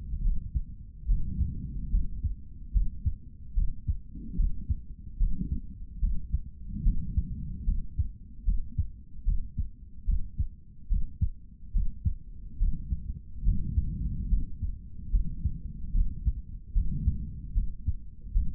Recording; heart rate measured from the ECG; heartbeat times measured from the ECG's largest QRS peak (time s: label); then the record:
heart sounds by stethoscope; 73 bpm
0.23 s: heartbeat
1.07 s: heartbeat
1.91 s: heartbeat
2.72 s: heartbeat
3.54 s: heartbeat
4.36 s: heartbeat
5.18 s: heartbeat
6.01 s: heartbeat
6.84 s: heartbeat
7.65 s: heartbeat
8.44 s: heartbeat
9.24 s: heartbeat
10.05 s: heartbeat
10.88 s: heartbeat
11.72 s: heartbeat
12.59 s: heartbeat
13.44 s: heartbeat
14.29 s: heartbeat
15.11 s: heartbeat
15.93 s: heartbeat
16.74 s: heartbeat
17.54 s: heartbeat
18.33 s: heartbeat
From the record:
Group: healthy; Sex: male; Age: 55 years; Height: 167 cm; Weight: 57.2 kg